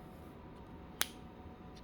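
A plastic Nintendo DS/3DS game cartridge shell is pried apart, and a second shell clip lets go with one loud, sharp snap at 1.0 s. The clip is released, over a quiet, steady background.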